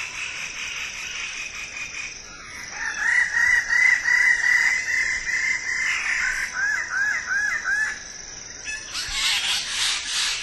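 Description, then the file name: Wallace's standardwing calls: a long buzzy grating note, then a quick run of short downslurred squawks, with a constant high insect whine and a burst of rasping at the end. "suara burung bidadari"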